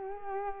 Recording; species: mosquito wingbeat signal from an infrared sensor; Culex quinquefasciatus